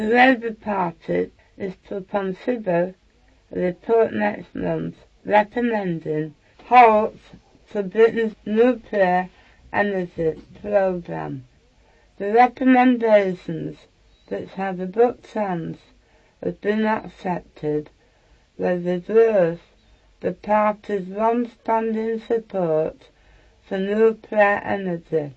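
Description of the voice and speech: An adult reads a news passage aloud in steady phrases, with tongue sounds distorted or replaced: 'Labour' comes out like 'ready', 'consider' like 'pansibba', 'nuclear' blurred. This is speech after glossectomy, where loss of tongue tissue impairs consonant articulation.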